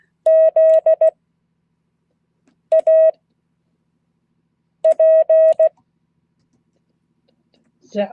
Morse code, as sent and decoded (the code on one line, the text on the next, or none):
--.. .- .--. .
ZAPE